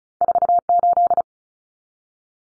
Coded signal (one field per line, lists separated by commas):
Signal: Morse code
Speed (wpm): 34 wpm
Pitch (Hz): 700 Hz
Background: none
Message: 48